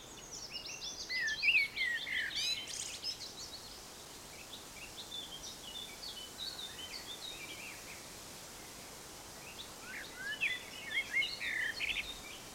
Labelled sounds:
Common Blackbird

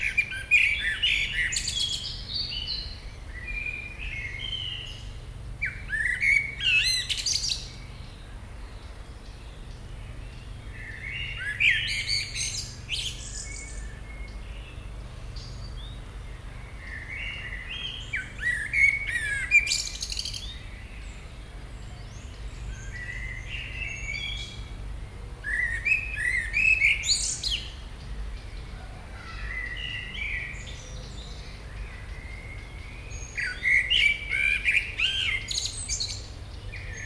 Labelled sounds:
Common Blackbird

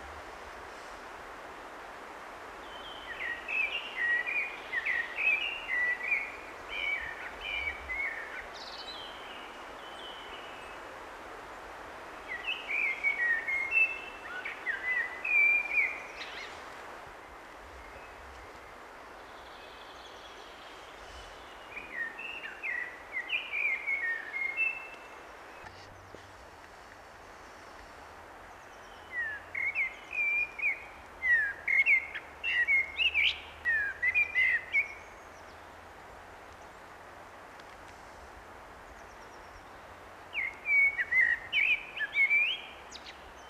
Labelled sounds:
Common Blackbird song

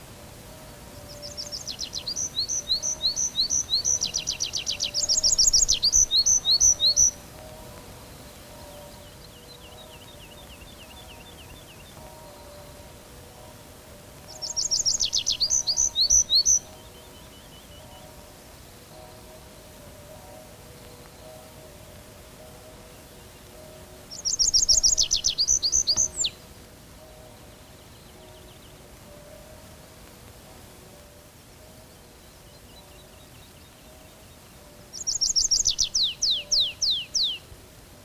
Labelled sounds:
Tree Pipit song

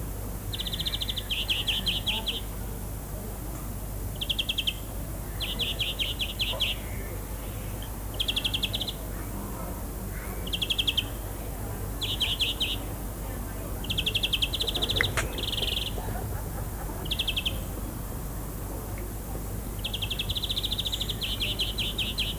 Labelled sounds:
European Greenfinch song

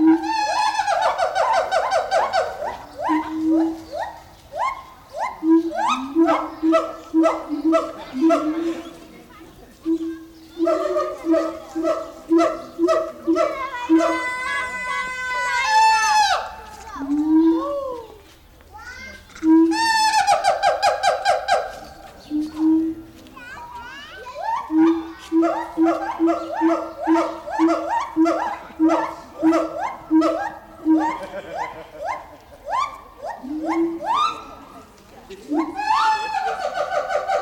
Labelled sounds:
Siamang call

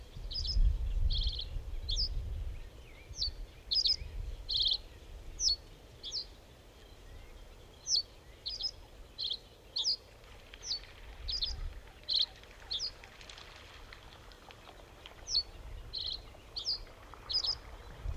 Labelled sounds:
Reed Bunting song

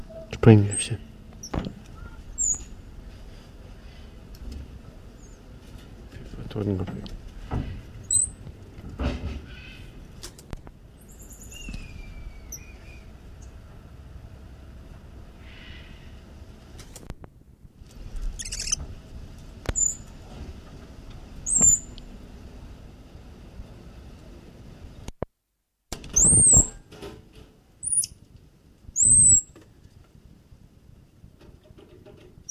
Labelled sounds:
Common Squirrel Monkey call

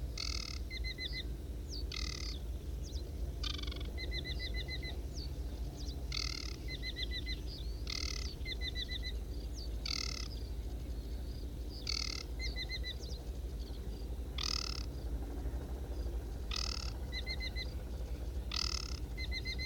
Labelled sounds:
Aquatic Warbler song

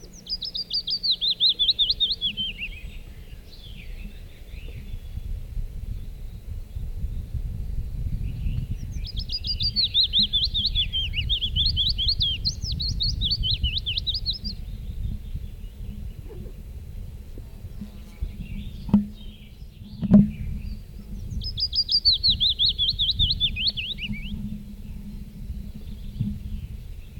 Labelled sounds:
Willow Warbler song

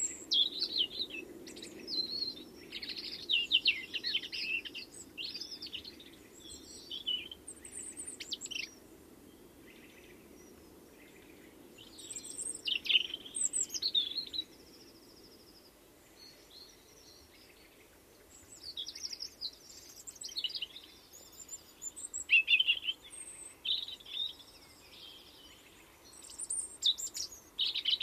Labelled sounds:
European Robin song

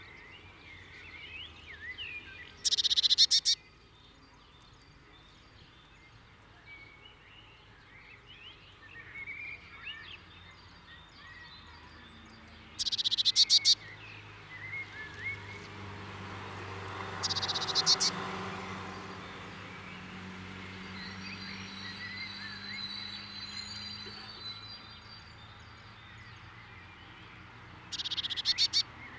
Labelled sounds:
Eurasian Blue Tit

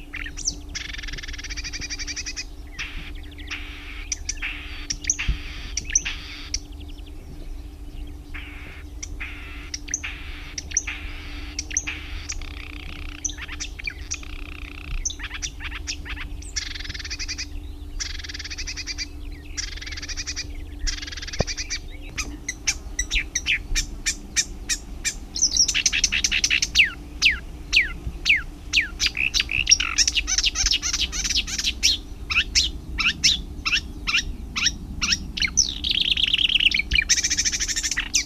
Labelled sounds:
Marsh Warbler song

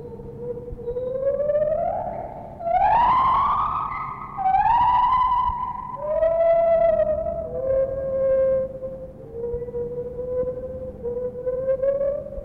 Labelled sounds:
Lar Gibbon

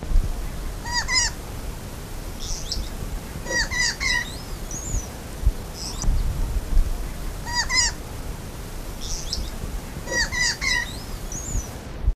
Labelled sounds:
Southern White-crowned Shrike call

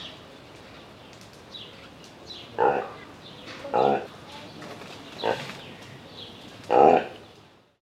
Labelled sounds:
Reindeer

